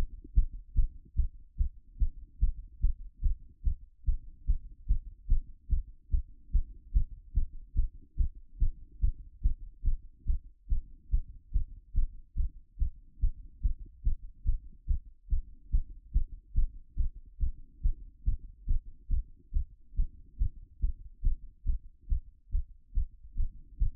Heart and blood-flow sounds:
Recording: heart sounds by stethoscope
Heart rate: 144 bpm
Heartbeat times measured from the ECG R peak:
0.37 s: heartbeat
0.77 s: heartbeat
1.17 s: heartbeat
1.59 s: heartbeat
2.00 s: heartbeat
2.42 s: heartbeat
2.83 s: heartbeat
3.24 s: heartbeat
3.65 s: heartbeat
4.07 s: heartbeat
4.48 s: heartbeat
4.90 s: heartbeat
5.30 s: heartbeat
5.71 s: heartbeat
6.12 s: heartbeat
6.54 s: heartbeat
6.95 s: heartbeat
7.36 s: heartbeat
7.77 s: heartbeat
8.18 s: heartbeat
8.61 s: heartbeat
9.03 s: heartbeat
9.44 s: heartbeat
9.86 s: heartbeat
10.28 s: heartbeat
10.70 s: heartbeat
11.13 s: heartbeat
11.55 s: heartbeat
11.96 s: heartbeat
12.38 s: heartbeat
12.80 s: heartbeat
13.22 s: heartbeat
13.64 s: heartbeat
14.06 s: heartbeat
14.47 s: heartbeat
14.89 s: heartbeat
15.31 s: heartbeat
15.73 s: heartbeat
16.15 s: heartbeat
16.57 s: heartbeat
16.98 s: heartbeat
17.41 s: heartbeat
17.84 s: heartbeat
18.27 s: heartbeat
18.69 s: heartbeat
19.11 s: heartbeat
19.54 s: heartbeat
19.97 s: heartbeat
20.40 s: heartbeat
20.83 s: heartbeat
21.25 s: heartbeat
21.67 s: heartbeat
22.10 s: heartbeat
22.53 s: heartbeat
22.95 s: heartbeat
23.38 s: heartbeat
23.81 s: heartbeat
From the record:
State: after exercise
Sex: female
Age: 44 years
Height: 167 cm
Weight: 64 kg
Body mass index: 22.95

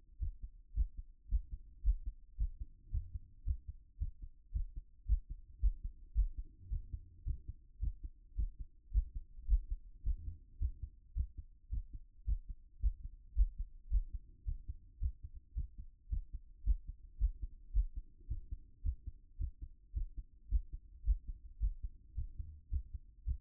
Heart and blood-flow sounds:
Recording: heart sounds by stethoscope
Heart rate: 109 bpm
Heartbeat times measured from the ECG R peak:
0.18 s: heartbeat
0.73 s: heartbeat
1.27 s: heartbeat
1.81 s: heartbeat
2.36 s: heartbeat
2.89 s: heartbeat
3.43 s: heartbeat
3.97 s: heartbeat
4.51 s: heartbeat
5.05 s: heartbeat
5.58 s: heartbeat
6.13 s: heartbeat
6.68 s: heartbeat
7.23 s: heartbeat
7.79 s: heartbeat
8.34 s: heartbeat
8.90 s: heartbeat
9.46 s: heartbeat
10.02 s: heartbeat
10.57 s: heartbeat
11.13 s: heartbeat
11.68 s: heartbeat
12.24 s: heartbeat
12.78 s: heartbeat
13.33 s: heartbeat
13.88 s: heartbeat
14.43 s: heartbeat
14.98 s: heartbeat
15.53 s: heartbeat
16.08 s: heartbeat
16.62 s: heartbeat
17.17 s: heartbeat
17.71 s: heartbeat
18.26 s: heartbeat
18.81 s: heartbeat
19.36 s: heartbeat
19.92 s: heartbeat
20.47 s: heartbeat
21.03 s: heartbeat
21.58 s: heartbeat
22.13 s: heartbeat
22.68 s: heartbeat
23.23 s: heartbeat
From the record:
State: after exercise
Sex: male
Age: 37 years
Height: 180 cm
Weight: 87 kg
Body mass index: 26.85

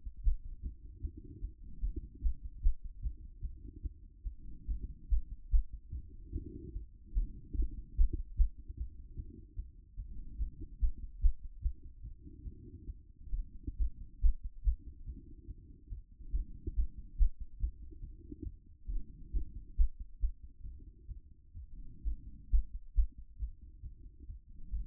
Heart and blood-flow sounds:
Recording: heart sounds by stethoscope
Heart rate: 144 bpm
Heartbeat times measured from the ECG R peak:
0.22 s: heartbeat
0.61 s: heartbeat
1.00 s: heartbeat
1.40 s: heartbeat
1.80 s: heartbeat
2.21 s: heartbeat
2.60 s: heartbeat
3.01 s: heartbeat
3.41 s: heartbeat
3.81 s: heartbeat
4.22 s: heartbeat
4.65 s: heartbeat
5.08 s: heartbeat
5.50 s: heartbeat
5.90 s: heartbeat
6.31 s: heartbeat
6.72 s: heartbeat
7.13 s: heartbeat
7.54 s: heartbeat
7.95 s: heartbeat
8.35 s: heartbeat
8.75 s: heartbeat
9.15 s: heartbeat
9.55 s: heartbeat
9.95 s: heartbeat
10.37 s: heartbeat
10.79 s: heartbeat
11.20 s: heartbeat
11.60 s: heartbeat
12.01 s: heartbeat
12.43 s: heartbeat
12.85 s: heartbeat
13.30 s: heartbeat
13.76 s: heartbeat
14.20 s: heartbeat
14.63 s: heartbeat
15.05 s: heartbeat
15.46 s: heartbeat
15.88 s: heartbeat
16.31 s: heartbeat
16.74 s: heartbeat
17.16 s: heartbeat
17.58 s: heartbeat
18.00 s: heartbeat
18.42 s: heartbeat
18.85 s: heartbeat
19.31 s: heartbeat
19.75 s: heartbeat
20.19 s: heartbeat
20.62 s: heartbeat
21.07 s: heartbeat
21.53 s: heartbeat
22.02 s: heartbeat
22.49 s: heartbeat
22.94 s: heartbeat
23.38 s: heartbeat
23.81 s: heartbeat
24.26 s: heartbeat
24.70 s: heartbeat
From the record:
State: after exercise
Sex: female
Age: 37 years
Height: 160 cm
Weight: 68 kg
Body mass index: 26.56

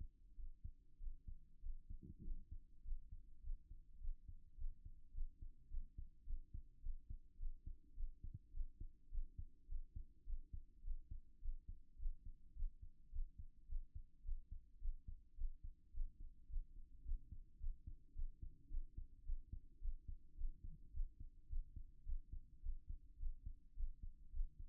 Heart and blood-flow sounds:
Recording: heart sounds by stethoscope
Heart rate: 106 bpm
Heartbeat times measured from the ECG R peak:
0.35 s: heartbeat
0.98 s: heartbeat
1.60 s: heartbeat
2.21 s: heartbeat
2.82 s: heartbeat
3.41 s: heartbeat
3.98 s: heartbeat
4.55 s: heartbeat
5.12 s: heartbeat
5.68 s: heartbeat
6.24 s: heartbeat
6.80 s: heartbeat
7.37 s: heartbeat
7.94 s: heartbeat
8.51 s: heartbeat
9.09 s: heartbeat
9.66 s: heartbeat
10.24 s: heartbeat
10.82 s: heartbeat
11.39 s: heartbeat
11.97 s: heartbeat
12.53 s: heartbeat
13.10 s: heartbeat
13.66 s: heartbeat
14.23 s: heartbeat
14.79 s: heartbeat
15.35 s: heartbeat
15.91 s: heartbeat
16.47 s: heartbeat
17.03 s: heartbeat
17.58 s: heartbeat
18.13 s: heartbeat
18.68 s: heartbeat
19.23 s: heartbeat
19.79 s: heartbeat
20.35 s: heartbeat
20.91 s: heartbeat
21.47 s: heartbeat
22.04 s: heartbeat
22.60 s: heartbeat
23.17 s: heartbeat
23.74 s: heartbeat
24.31 s: heartbeat
From the record:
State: after exercise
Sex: male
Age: 37 years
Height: 170 cm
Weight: 86 kg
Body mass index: 29.76

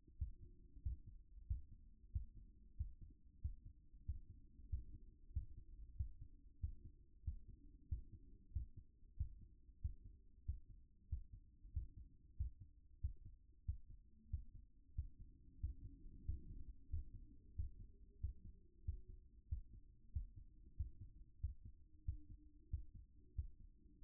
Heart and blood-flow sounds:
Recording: heart sounds by stethoscope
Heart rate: 93 bpm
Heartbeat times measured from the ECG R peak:
0.18 s: heartbeat
0.82 s: heartbeat
1.47 s: heartbeat
2.12 s: heartbeat
2.77 s: heartbeat
3.41 s: heartbeat
4.05 s: heartbeat
4.69 s: heartbeat
5.33 s: heartbeat
5.96 s: heartbeat
6.60 s: heartbeat
7.24 s: heartbeat
7.88 s: heartbeat
8.52 s: heartbeat
9.17 s: heartbeat
9.81 s: heartbeat
10.45 s: heartbeat
11.09 s: heartbeat
11.73 s: heartbeat
12.37 s: heartbeat
13.01 s: heartbeat
13.65 s: heartbeat
14.30 s: heartbeat
14.95 s: heartbeat
15.60 s: heartbeat
16.25 s: heartbeat
16.90 s: heartbeat
17.55 s: heartbeat
18.20 s: heartbeat
18.85 s: heartbeat
19.49 s: heartbeat
20.12 s: heartbeat
20.76 s: heartbeat
21.40 s: heartbeat
22.05 s: heartbeat
22.70 s: heartbeat
23.35 s: heartbeat
24.00 s: heartbeat
From the record:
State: at rest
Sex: male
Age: 53 years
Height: 175 cm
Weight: 88 kg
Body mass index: 28.73

